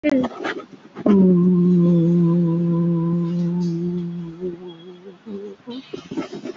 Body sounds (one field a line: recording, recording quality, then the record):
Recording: sustained vowel as in boot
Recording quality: moderate, slight background noise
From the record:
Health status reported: COVID-19 positive, mild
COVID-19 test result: positive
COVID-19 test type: RT-PCR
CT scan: taken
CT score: 5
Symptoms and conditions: cough, breathing difficulty, sore throat, fatigue, muscle pain, loss of smell and taste, hypertension, another condition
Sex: female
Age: 75 years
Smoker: no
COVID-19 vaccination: both doses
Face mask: not worn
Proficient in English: yes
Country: India